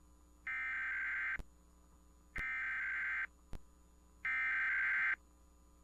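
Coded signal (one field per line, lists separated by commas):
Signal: Emergency Alert System (SAME) tones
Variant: header bursts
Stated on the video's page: Required Monthly Test aired on a Guam AM radio station.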